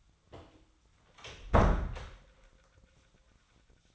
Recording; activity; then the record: daily activity, microphone in the room; close door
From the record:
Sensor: 3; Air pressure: 1009.2 hPa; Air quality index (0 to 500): 188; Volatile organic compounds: 3 ppm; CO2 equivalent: 1520 ppm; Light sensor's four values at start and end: 49/128/55/56 and 49/128/55/56